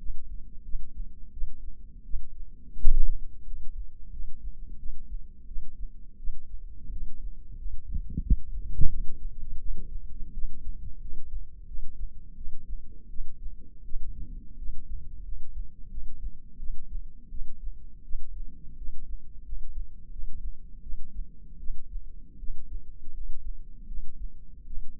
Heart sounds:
heart sounds by microphone in the left ear; 85 bpm
0.64 s: heartbeat
1.32 s: heartbeat
2.04 s: heartbeat
2.78 s: heartbeat
3.46 s: heartbeat
4.12 s: heartbeat
4.78 s: heartbeat
5.46 s: heartbeat
6.17 s: heartbeat
6.91 s: heartbeat
7.57 s: heartbeat
8.21 s: heartbeat
8.88 s: heartbeat
9.58 s: heartbeat
10.32 s: heartbeat
11.00 s: heartbeat
11.66 s: heartbeat
12.35 s: heartbeat
13.09 s: heartbeat
13.83 s: heartbeat
14.57 s: heartbeat
15.24 s: heartbeat
15.90 s: heartbeat
16.58 s: heartbeat
17.29 s: heartbeat
18.03 s: heartbeat
18.76 s: heartbeat
19.44 s: heartbeat
20.11 s: heartbeat
20.81 s: heartbeat
21.58 s: heartbeat
22.38 s: heartbeat
23.13 s: heartbeat
23.87 s: heartbeat
24.65 s: heartbeat
From the record:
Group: healthy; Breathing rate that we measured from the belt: 16 breaths a minute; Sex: female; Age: 19 years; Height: 163 cm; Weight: 51 kg

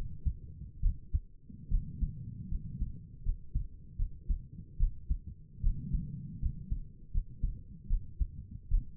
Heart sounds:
heart sounds by stethoscope; 76 bpm
0.82 s: heartbeat
1.70 s: heartbeat
2.50 s: heartbeat
3.24 s: heartbeat
3.98 s: heartbeat
4.79 s: heartbeat
5.62 s: heartbeat
6.41 s: heartbeat
7.13 s: heartbeat
7.89 s: heartbeat
8.70 s: heartbeat
From the record:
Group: healthy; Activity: rest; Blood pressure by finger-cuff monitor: 91/60 mmHg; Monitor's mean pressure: 68 mmHg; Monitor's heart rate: 75 bpm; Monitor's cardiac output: 6 L/min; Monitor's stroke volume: 79 mL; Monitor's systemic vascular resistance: 840 dyn s/cm5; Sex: female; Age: 22 years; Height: 163 cm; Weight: 67.1 kg

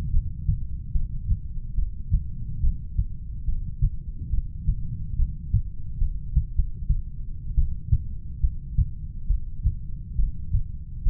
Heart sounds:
heart sounds by stethoscope; 71 bpm
0.13 s: heartbeat
0.94 s: heartbeat
1.76 s: heartbeat
2.63 s: heartbeat
3.47 s: heartbeat
4.32 s: heartbeat
5.18 s: heartbeat
6.00 s: heartbeat
6.56 s: heartbeat
7.56 s: heartbeat
8.42 s: heartbeat
9.29 s: heartbeat
10.17 s: heartbeat
11.05 s: heartbeat
From the record:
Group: heart failure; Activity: rest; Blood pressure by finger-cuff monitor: 89/53 mmHg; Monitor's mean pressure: 66 mmHg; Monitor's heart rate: 72 bpm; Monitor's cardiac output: 7.6 L/min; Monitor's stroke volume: 106 mL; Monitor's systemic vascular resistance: 620 dyn s/cm5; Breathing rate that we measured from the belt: 24 breaths a minute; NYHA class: 1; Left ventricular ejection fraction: 39%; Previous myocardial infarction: absent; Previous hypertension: present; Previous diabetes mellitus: absent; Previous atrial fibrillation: absent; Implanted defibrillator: absent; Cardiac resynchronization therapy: absent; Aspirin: absent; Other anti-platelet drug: absent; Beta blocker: carvedilol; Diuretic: furosemide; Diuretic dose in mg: 20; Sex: male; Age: 60 years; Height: 178 cm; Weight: 62 kg

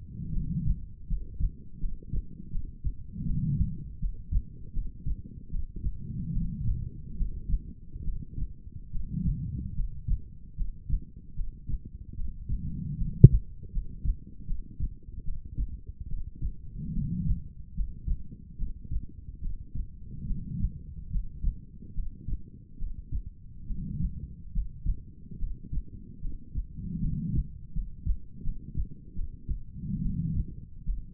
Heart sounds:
heart sounds by stethoscope; 75 bpm
0.31 s: heartbeat
1.06 s: heartbeat
1.78 s: heartbeat
2.50 s: heartbeat
3.24 s: heartbeat
3.99 s: heartbeat
4.72 s: heartbeat
5.49 s: heartbeat
6.31 s: heartbeat
7.15 s: heartbeat
8.03 s: heartbeat
8.90 s: heartbeat
9.74 s: heartbeat
10.55 s: heartbeat
11.34 s: heartbeat
12.14 s: heartbeat
12.96 s: heartbeat
13.71 s: heartbeat
14.45 s: heartbeat
15.23 s: heartbeat
16.07 s: heartbeat
16.92 s: heartbeat
17.73 s: heartbeat
18.56 s: heartbeat
19.40 s: heartbeat
20.25 s: heartbeat
21.09 s: heartbeat
21.93 s: heartbeat
22.77 s: heartbeat
23.65 s: heartbeat
24.51 s: heartbeat
25.37 s: heartbeat
26.19 s: heartbeat
26.99 s: heartbeat
27.72 s: heartbeat
28.42 s: heartbeat
29.14 s: heartbeat
30.00 s: heartbeat
30.83 s: heartbeat
From the record:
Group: healthy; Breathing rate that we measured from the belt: 19 breaths a minute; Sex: female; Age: 23 years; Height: 160 cm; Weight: 50.4 kg

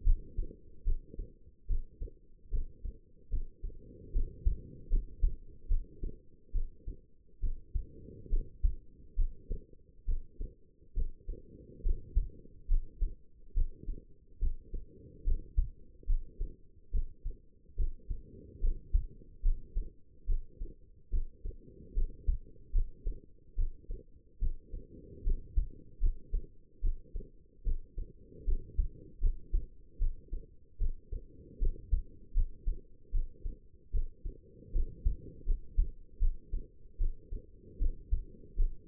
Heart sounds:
heart sounds by stethoscope; 73 bpm
0.04 s: heartbeat
0.84 s: heartbeat
1.67 s: heartbeat
2.50 s: heartbeat
3.30 s: heartbeat
4.12 s: heartbeat
4.89 s: heartbeat
5.68 s: heartbeat
6.52 s: heartbeat
7.40 s: heartbeat
8.29 s: heartbeat
9.16 s: heartbeat
10.05 s: heartbeat
10.94 s: heartbeat
11.82 s: heartbeat
12.68 s: heartbeat
13.54 s: heartbeat
14.39 s: heartbeat
15.24 s: heartbeat
16.06 s: heartbeat
16.91 s: heartbeat
17.76 s: heartbeat
18.60 s: heartbeat
19.42 s: heartbeat
20.26 s: heartbeat
21.10 s: heartbeat
21.94 s: heartbeat
22.72 s: heartbeat
23.55 s: heartbeat
24.39 s: heartbeat
25.23 s: heartbeat
26.00 s: heartbeat
26.81 s: heartbeat
27.63 s: heartbeat
28.44 s: heartbeat
29.20 s: heartbeat
29.98 s: heartbeat
30.78 s: heartbeat
31.59 s: heartbeat
32.33 s: heartbeat
33.11 s: heartbeat
33.91 s: heartbeat
34.72 s: heartbeat
35.45 s: heartbeat
36.19 s: heartbeat
36.98 s: heartbeat
37.78 s: heartbeat
38.56 s: heartbeat
From the record:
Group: healthy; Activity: rest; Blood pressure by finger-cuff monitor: 117/78 mmHg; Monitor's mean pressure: 90 mmHg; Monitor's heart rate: 72 bpm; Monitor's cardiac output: 5.4 L/min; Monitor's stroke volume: 75 mL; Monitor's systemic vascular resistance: 1180 dyn s/cm5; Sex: female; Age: 22 years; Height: 160 cm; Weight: 45 kg

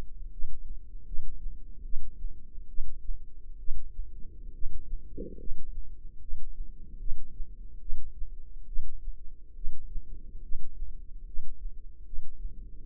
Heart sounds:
heart sounds by microphone in the left ear; 72 bpm
0.31 s: heartbeat
1.06 s: heartbeat
1.83 s: heartbeat
2.68 s: heartbeat
3.58 s: heartbeat
4.53 s: heartbeat
5.38 s: heartbeat
6.20 s: heartbeat
6.99 s: heartbeat
7.80 s: heartbeat
8.66 s: heartbeat
9.55 s: heartbeat
10.42 s: heartbeat
11.25 s: heartbeat
12.04 s: heartbeat
12.84 s: heartbeat
From the record:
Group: healthy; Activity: light exercise 0-2 s, rest 2-13 s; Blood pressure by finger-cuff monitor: 139/58 mmHg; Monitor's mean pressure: 79 mmHg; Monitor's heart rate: 72 bpm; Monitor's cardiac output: 8 L/min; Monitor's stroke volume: 111 mL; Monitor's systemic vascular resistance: 720 dyn s/cm5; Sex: male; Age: 25 years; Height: 170 cm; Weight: 70.4 kg

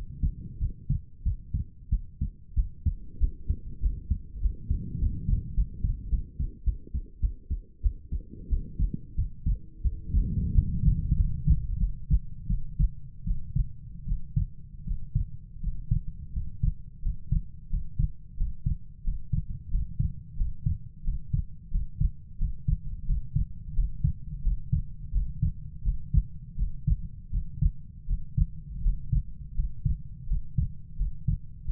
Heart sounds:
heart sounds by stethoscope; 89 bpm
0.58 s: heartbeat
1.22 s: heartbeat
1.89 s: heartbeat
2.54 s: heartbeat
3.18 s: heartbeat
3.80 s: heartbeat
4.40 s: heartbeat
4.98 s: heartbeat
5.54 s: heartbeat
6.09 s: heartbeat
6.63 s: heartbeat
7.20 s: heartbeat
7.81 s: heartbeat
8.48 s: heartbeat
9.15 s: heartbeat
9.81 s: heartbeat
10.52 s: heartbeat
11.14 s: heartbeat
11.78 s: heartbeat
12.47 s: heartbeat
13.24 s: heartbeat
14.05 s: heartbeat
14.84 s: heartbeat
15.60 s: heartbeat
16.33 s: heartbeat
17.02 s: heartbeat
17.69 s: heartbeat
18.36 s: heartbeat
19.03 s: heartbeat
19.70 s: heartbeat
20.36 s: heartbeat
21.03 s: heartbeat
21.70 s: heartbeat
22.38 s: heartbeat
23.05 s: heartbeat
23.73 s: heartbeat
24.41 s: heartbeat
25.11 s: heartbeat
25.82 s: heartbeat
26.55 s: heartbeat
27.30 s: heartbeat
28.06 s: heartbeat
28.81 s: heartbeat
29.54 s: heartbeat
30.26 s: heartbeat
30.96 s: heartbeat
31.64 s: heartbeat
From the record:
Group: healthy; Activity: rest 0-3 s, Valsalva maneuver 3-32 s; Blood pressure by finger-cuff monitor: 71/48 mmHg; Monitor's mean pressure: 56 mmHg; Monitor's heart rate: 89 bpm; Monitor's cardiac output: 6.8 L/min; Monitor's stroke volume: 79 mL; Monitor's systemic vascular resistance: 570 dyn s/cm5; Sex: female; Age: 19 years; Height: 163 cm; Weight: 48.9 kg

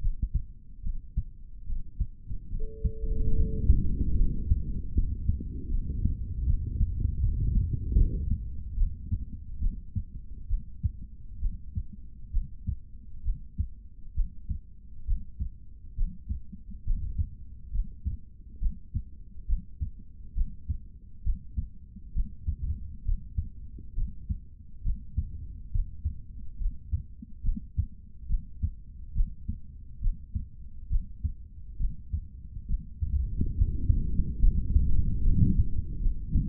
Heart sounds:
heart sounds by stethoscope; 70 bpm
0.82 s: heartbeat
1.65 s: heartbeat
2.50 s: heartbeat
3.35 s: heartbeat
4.16 s: heartbeat
4.94 s: heartbeat
5.70 s: heartbeat
6.45 s: heartbeat
7.20 s: heartbeat
7.95 s: heartbeat
8.75 s: heartbeat
9.59 s: heartbeat
10.48 s: heartbeat
11.40 s: heartbeat
12.31 s: heartbeat
13.23 s: heartbeat
14.14 s: heartbeat
15.05 s: heartbeat
15.95 s: heartbeat
16.84 s: heartbeat
17.71 s: heartbeat
18.59 s: heartbeat
19.46 s: heartbeat
20.34 s: heartbeat
21.23 s: heartbeat
22.13 s: heartbeat
23.04 s: heartbeat
23.94 s: heartbeat
24.82 s: heartbeat
25.71 s: heartbeat
26.58 s: heartbeat
27.42 s: heartbeat
28.27 s: heartbeat
29.13 s: heartbeat
30.00 s: heartbeat
30.88 s: heartbeat
31.78 s: heartbeat
32.67 s: heartbeat
33.56 s: heartbeat
34.40 s: heartbeat
35.22 s: heartbeat
36.00 s: heartbeat
From the record:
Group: healthy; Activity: rest 0-3 s, Valsalva maneuver 3-33 s, rest 33-37 s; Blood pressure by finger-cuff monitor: 93/58 mmHg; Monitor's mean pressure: 68 mmHg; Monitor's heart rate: 69 bpm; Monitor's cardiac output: 3.6 L/min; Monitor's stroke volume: 53 mL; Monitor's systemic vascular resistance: 1280 dyn s/cm5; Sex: male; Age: 55 years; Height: 167 cm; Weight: 57.2 kg

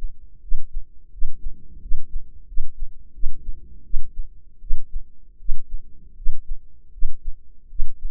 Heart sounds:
heart sounds by microphone in the left ear; 82 bpm
0.41 s: heartbeat
1.11 s: heartbeat
1.80 s: heartbeat
2.46 s: heartbeat
3.12 s: heartbeat
3.83 s: heartbeat
4.60 s: heartbeat
5.38 s: heartbeat
6.15 s: heartbeat
6.91 s: heartbeat
7.68 s: heartbeat
From the record:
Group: healthy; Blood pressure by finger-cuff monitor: 107/64 mmHg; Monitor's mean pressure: 76 mmHg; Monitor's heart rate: 82 bpm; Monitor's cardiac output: 7.3 L/min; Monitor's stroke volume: 87 mL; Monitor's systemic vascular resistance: 760 dyn s/cm5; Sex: female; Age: 22 years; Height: 157 cm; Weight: 47.6 kg

